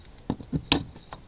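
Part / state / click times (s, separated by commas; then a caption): plastic toy shoulder joint into torso socket / seated / 0.7 s. While a Transformers Universe 2.0 Cyclonus robot toy is being converted, its plastic shoulder joint is rotated and pops into place in the torso socket. Softer plastic ticks and shuffles at about 0.3 s and 0.5 s lead up to one sharp, loud snap at 0.7 s, and the joint is seated. A couple of faint ticks follow around 1.1 s.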